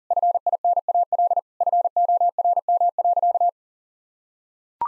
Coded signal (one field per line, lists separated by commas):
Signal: Morse code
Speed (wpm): 40 wpm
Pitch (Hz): 700 Hz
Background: none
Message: FINAL FORM.